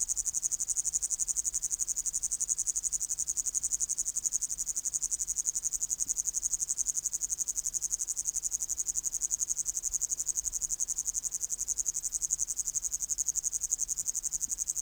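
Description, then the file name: Upland green bush-cricket giving a long, unbroken, high, sizzling trill of fast regular pulses, steady in loudness from start to end. "Tettigonia cantans"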